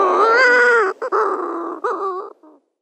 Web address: Schulze Peter Balearic Shearwater